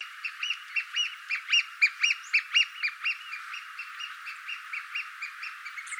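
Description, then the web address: Bird giving a rapid chattering series of short sharp notes, louder mid-way then tapering off, over hiss. Australia. "Sound Effects-Foundation 1 BIRD AUS BIRD 03 CALL 03"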